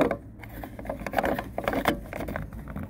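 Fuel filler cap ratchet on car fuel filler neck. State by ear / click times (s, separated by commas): torque reached / 1.1 s, 1.2 s, 1.7 s, 1.9 s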